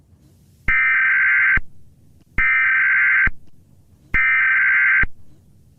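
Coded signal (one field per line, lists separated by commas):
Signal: Emergency Alert System (SAME) tones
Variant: header bursts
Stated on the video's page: Fictional EAS scenario about lava.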